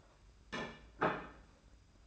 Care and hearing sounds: daily activity, microphone in the room; place plate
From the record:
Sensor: 2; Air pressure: 991.7 hPa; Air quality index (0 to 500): 184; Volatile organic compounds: 1000 ppm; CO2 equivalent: 6014 ppm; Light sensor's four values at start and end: 26/83/32/30 and 25/81/31/30

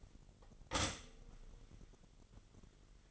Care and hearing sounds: daily activity, microphone in the room; stop toaster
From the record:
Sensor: 4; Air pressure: 1002.9 hPa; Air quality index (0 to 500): 242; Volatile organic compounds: 18 ppm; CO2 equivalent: 2626 ppm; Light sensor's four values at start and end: 19/64/24/23 and 22/75/28/28

